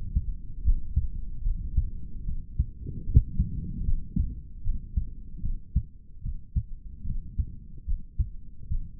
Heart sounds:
heart sounds by stethoscope; 75 bpm
0.63 s: heartbeat
1.43 s: heartbeat
2.24 s: heartbeat
3.04 s: heartbeat
3.85 s: heartbeat
4.62 s: heartbeat
5.41 s: heartbeat
6.21 s: heartbeat
7.04 s: heartbeat
7.86 s: heartbeat
8.68 s: heartbeat
From the record:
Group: healthy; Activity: rest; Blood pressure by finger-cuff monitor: 109/72 mmHg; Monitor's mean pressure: 85 mmHg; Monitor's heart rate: 73 bpm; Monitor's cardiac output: 3.8 L/min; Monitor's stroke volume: 51 mL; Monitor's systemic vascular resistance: 1630 dyn s/cm5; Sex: male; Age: 55 years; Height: 167 cm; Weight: 57.2 kg

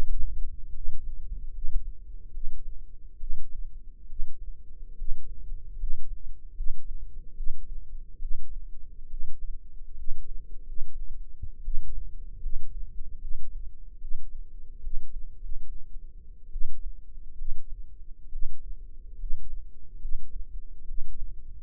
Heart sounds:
heart sounds by microphone in the left ear; 72 bpm
0.70 s: heartbeat
1.50 s: heartbeat
2.30 s: heartbeat
3.16 s: heartbeat
4.06 s: heartbeat
4.94 s: heartbeat
5.75 s: heartbeat
6.53 s: heartbeat
7.33 s: heartbeat
8.18 s: heartbeat
9.06 s: heartbeat
9.93 s: heartbeat
10.62 s: heartbeat
11.60 s: heartbeat
12.39 s: heartbeat
13.17 s: heartbeat
13.97 s: heartbeat
14.79 s: heartbeat
15.36 s: heartbeat
16.49 s: heartbeat
17.34 s: heartbeat
18.28 s: heartbeat
19.15 s: heartbeat
19.97 s: heartbeat
20.84 s: heartbeat
From the record:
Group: healthy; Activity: rest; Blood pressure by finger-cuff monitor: 112/72 mmHg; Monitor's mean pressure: 86 mmHg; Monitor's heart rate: 72 bpm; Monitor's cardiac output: 6.1 L/min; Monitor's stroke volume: 86 mL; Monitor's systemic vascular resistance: 1020 dyn s/cm5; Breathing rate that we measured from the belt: 13 breaths a minute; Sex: female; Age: 22 years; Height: 171 cm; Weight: 65.6 kg

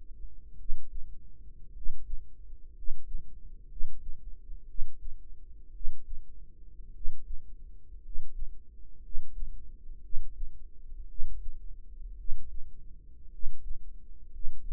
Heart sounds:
heart sounds by microphone in the right ear; 57 bpm
0.55 s: heartbeat
1.70 s: heartbeat
2.71 s: heartbeat
3.66 s: heartbeat
4.64 s: heartbeat
5.70 s: heartbeat
6.90 s: heartbeat
7.99 s: heartbeat
8.99 s: heartbeat
9.99 s: heartbeat
11.05 s: heartbeat
12.14 s: heartbeat
13.28 s: heartbeat
14.28 s: heartbeat
From the record:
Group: healthy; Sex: male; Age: 25 years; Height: 170 cm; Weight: 70.4 kg

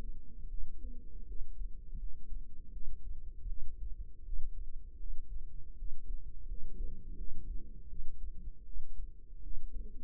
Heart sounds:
heart sounds by microphone in the right ear; 81 bpm
0.49 s: heartbeat
1.27 s: heartbeat
1.98 s: heartbeat
2.72 s: heartbeat
3.48 s: heartbeat
4.24 s: heartbeat
4.98 s: heartbeat
5.77 s: heartbeat
6.47 s: heartbeat
7.17 s: heartbeat
7.89 s: heartbeat
8.65 s: heartbeat
9.42 s: heartbeat
From the record:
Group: healthy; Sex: female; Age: 22 years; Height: 161 cm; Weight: 65.5 kg

